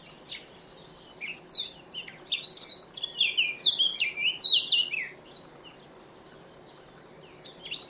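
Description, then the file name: Eurasian blackcap song: a rapid, high warbled phrase of varied chirps and slurred notes lasting about five seconds, then a brief pause and a new phrase beginning. "Sylvia atricapilla"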